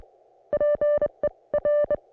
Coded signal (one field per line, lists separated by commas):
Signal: Morse code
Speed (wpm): 25 wpm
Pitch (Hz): 590 Hz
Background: music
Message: PE R